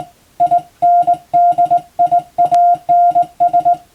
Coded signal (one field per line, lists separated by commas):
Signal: Morse code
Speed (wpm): 20 wpm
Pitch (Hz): 700 Hz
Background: music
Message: INDIANS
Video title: 無線従事者国家試験総合無線通信士電気通信術のトレーニングにＣＷを打ってみました。アマチュア無線ハムの受信練習にもどうぞ(morse code practice for radio operator )